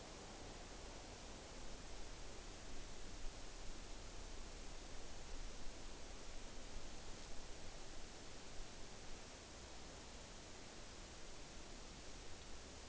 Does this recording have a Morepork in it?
no